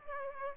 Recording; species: mosquito wingbeat signal from an infrared sensor; Aedes aegypti